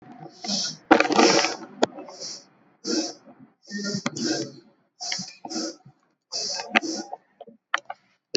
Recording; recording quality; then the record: deep breathing; excellent, no background noise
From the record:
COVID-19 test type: RT-PCR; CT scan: not taken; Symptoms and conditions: cough, cold, breathing difficulty, another respiratory illness, hypertension, diabetes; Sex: female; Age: 55 years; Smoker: no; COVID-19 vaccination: none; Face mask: not worn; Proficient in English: yes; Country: India